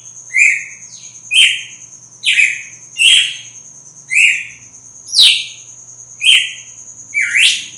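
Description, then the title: Red-cowled cardinal song: short whistled phrases with sharp downward strokes, about one each second, over a steady high hum. Female; sings strongly at dawn after moult. "Canto Galo Campina Fêmea 02. GALO DE CAMPINA AÇOITA FORTE NA MADRUGADA DEPOIS DA MUDA"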